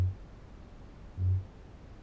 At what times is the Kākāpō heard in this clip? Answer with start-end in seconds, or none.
0.00-2.02